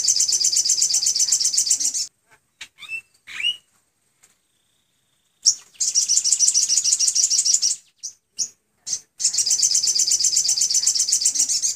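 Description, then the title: Sunbird singing long, very high, rapid trills, separated by pauses with a few short rising notes and sharp chips. Master training recording for caged sunbirds; song described as clear. "MASTERAN UTK SOGOK ONTONG SRIGANTI ANDA # Dengan Terapi Air Suara Jernih"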